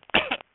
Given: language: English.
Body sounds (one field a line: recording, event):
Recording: throat vibration sensor signal played as sound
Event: cough